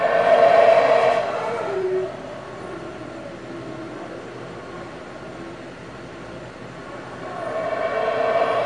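Howler monkeys with a powerful, gravelly roar that dies away into a steady low growling chorus, then builds once more toward the close.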